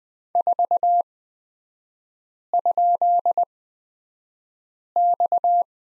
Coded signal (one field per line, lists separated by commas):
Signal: Morse code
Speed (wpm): 20 wpm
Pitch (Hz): 700 Hz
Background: none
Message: 4?X